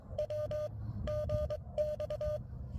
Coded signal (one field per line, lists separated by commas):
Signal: Morse code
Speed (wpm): 21 wpm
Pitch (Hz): 590 Hz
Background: none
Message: W GX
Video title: POTA at US-11858 and LLOTA ATNO X2